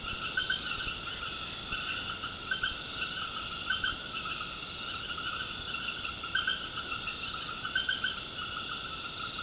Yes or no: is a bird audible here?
no